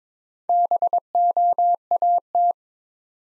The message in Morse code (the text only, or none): BOAT